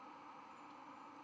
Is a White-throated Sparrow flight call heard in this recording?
no